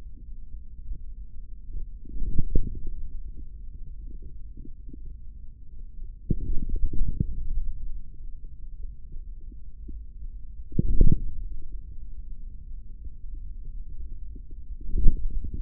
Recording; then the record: forearm muscle sounds (acoustic myography)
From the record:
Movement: hand closing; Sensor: system 3, bracelet of six PUI Audio POM-2738L microphones around the upper forearm, with dedicated amplification and filtering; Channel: 1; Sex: male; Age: 43 years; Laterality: right